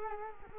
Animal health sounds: mosquito wingbeat signal from an infrared sensor; Culex quinquefasciatus

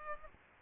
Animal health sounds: mosquito wingbeat signal from an infrared sensor; Aedes albopictus

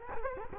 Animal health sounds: mosquito wingbeat signal from an infrared sensor; Culex quinquefasciatus

